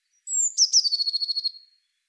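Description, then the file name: Eurasian blue tit song starting with a long high drawn-out whistle, then two sharp notes and a rapid buzzy trill that fades out. "Cyanistes caeruleus"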